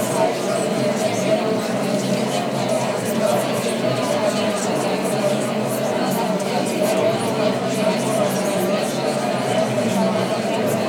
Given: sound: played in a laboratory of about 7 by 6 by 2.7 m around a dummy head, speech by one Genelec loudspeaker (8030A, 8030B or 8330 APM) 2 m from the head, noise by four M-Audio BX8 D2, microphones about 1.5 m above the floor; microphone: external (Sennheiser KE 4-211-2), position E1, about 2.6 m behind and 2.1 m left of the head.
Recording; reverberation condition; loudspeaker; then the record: babble noise; high; four, about 170 cm from the corners of the room and facing them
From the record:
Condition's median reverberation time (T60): about 1300 ms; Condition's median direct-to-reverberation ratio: about -4.0 dB